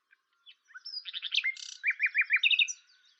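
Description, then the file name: Common nightingale song: a burst of fast varied notes and a brief buzz, then four strong rising-falling notes repeated at a steady pace, ending in quick chips. "Luscinia megarhynchos"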